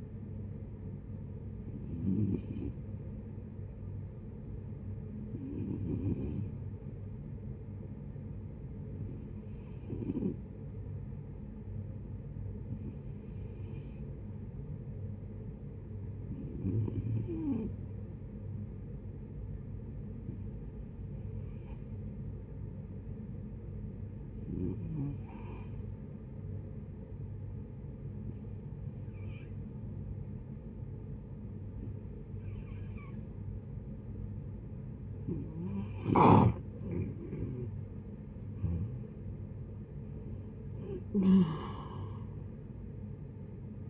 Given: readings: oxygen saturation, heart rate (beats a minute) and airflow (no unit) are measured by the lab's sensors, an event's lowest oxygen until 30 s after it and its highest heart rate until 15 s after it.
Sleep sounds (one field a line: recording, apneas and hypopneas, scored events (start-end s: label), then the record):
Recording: breathing in sleep by a smartphone at the bedside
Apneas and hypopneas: 1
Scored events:
6.00-37.00 s: hypopnea (N2, oxygen 95% highest, then 87% lowest, heart rate 65 at the start, 73 highest)
From the record:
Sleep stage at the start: N2 (light sleep)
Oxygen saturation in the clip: 88 to 95%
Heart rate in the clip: 55 to 69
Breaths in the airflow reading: 11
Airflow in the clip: -10.2 to 10.8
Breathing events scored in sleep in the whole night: 496 in 5.4 hours asleep